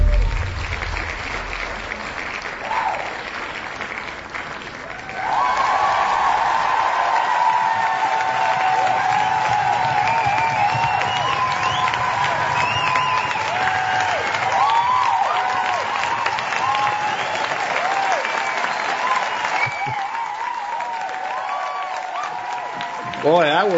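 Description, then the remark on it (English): An audience applauds on Wolf Spirit Radio, the applause being for guest Cody Snodgrass, in a dense, steady wash of clapping that swells after a few seconds and holds loudly, with whoops and cheering voices rising above it before it fades near the end. “That applause wasn't for me. That was for Cody.”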